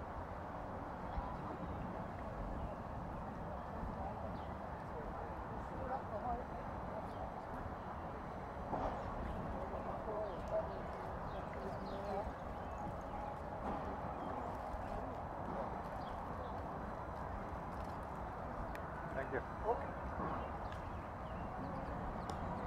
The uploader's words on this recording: Counterclockwise around the White House. A stereo field recording from June 4, 2017 in Washington D.C. Sitting in Lafayette Square, near the North Lawn of White House.